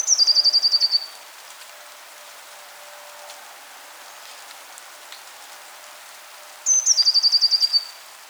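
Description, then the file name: Eurasian blue tit, two phrases about six seconds apart, each a sharp high note running into a rapid, slightly falling trill of evenly spaced notes over a constant hiss. "Cyanistes caeruleus"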